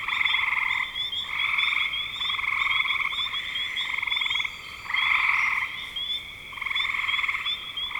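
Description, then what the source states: Frog chorus of long buzzy pulsed trills overlapping one another, swelling every second or two, with short higher chirps scattered over the top. Spring 2025.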